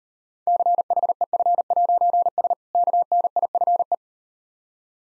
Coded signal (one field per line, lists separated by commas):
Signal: Morse code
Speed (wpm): 39 wpm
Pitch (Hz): 700 Hz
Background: none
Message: CHEF'S KNIFE